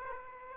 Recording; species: mosquito wingbeat signal from an infrared sensor; Aedes aegypti